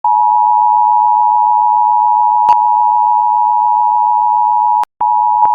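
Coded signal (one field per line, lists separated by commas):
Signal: Emergency Alert System (SAME) tones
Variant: 853 and 960 Hz attention tone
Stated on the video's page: Severe Thunderstorm Warning issued by the National Weather Service for Holmes and Washington counties, Florida, relayed over an FM station.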